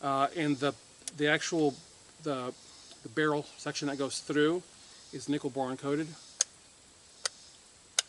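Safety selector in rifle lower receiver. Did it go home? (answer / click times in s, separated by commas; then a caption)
yes / 6.4 s, 7.3 s, 8.0 s. Someone talks as an ambidextrous Battle Arms Development safety selector, with its nickel-boron-coated barrel section passing through the lower receiver of a 7.5" AR-15 build, is rotated between positions. The selector moves smoothly, and sharp, distinct clicks at 6.4, 7.3 and 8.0 seconds mark it locking in place each time.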